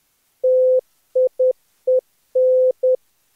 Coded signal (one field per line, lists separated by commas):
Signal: Morse code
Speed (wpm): 17 wpm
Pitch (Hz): 510 Hz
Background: none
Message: TIEN